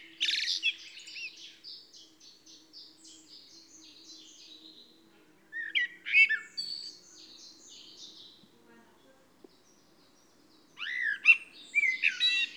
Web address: SETE data Turdus merula